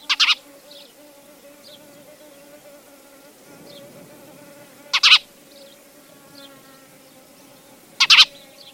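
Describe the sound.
Spanish sparrow chirps, three harsh paired notes, with quiet twittering and a low steady drone continuing between them.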